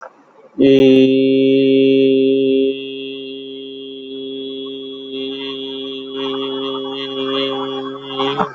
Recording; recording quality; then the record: sustained vowel as in beet; excellent, no background noise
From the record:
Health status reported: healthy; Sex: male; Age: 46 years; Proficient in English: yes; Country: India